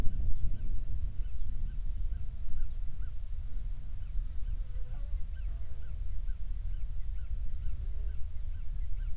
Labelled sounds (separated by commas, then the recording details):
songbird, wind, insects
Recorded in the Prudhoe Bay oil fields, Alaska, on 7 July 2019 at 00:02
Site 16